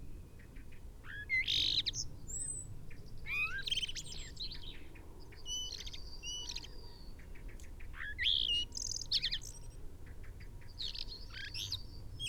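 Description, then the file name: Common blackbird song: several warbled fluty phrases ending in squeaky twitters, with scattered high chirps between them. "Turdus merula"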